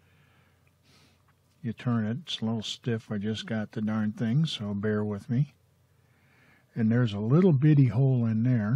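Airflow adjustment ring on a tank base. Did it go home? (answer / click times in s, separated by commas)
no / none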